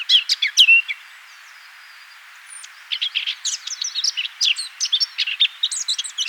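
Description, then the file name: Eurasian blackcap with a brief burst of scratchy warbling, a pause of about two seconds, then a steady run of quick varied high notes. "Sylvia atricapilla"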